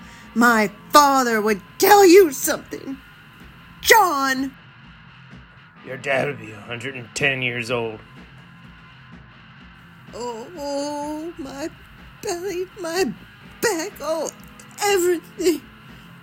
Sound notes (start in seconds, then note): 3.6 exaggerating name; 8.2 bends over whimpering